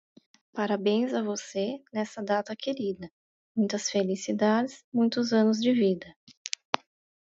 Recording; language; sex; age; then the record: short text; Brazilian Portuguese; female; 30 to 39 years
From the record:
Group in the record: control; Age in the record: 34 years